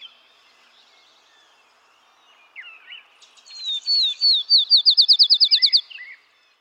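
Field sparrow song: clear sweet whistled notes that speed up into a rapid bouncing trill, preceded by a few faint chirps.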